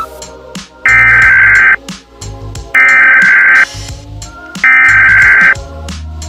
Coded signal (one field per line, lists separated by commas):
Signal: Emergency Alert System (SAME) tones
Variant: header bursts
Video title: UNITED ARAB EMIRATES EAS ALARM 🇦🇪